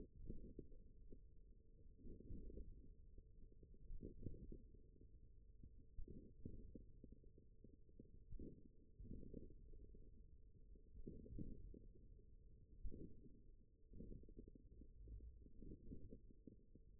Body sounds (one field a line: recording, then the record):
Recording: forearm muscle sounds (acoustic myography)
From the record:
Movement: thumb flexion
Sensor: system 1, eight BSWA MPA416 microphones around the upper forearm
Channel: 3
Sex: male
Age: 41 years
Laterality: right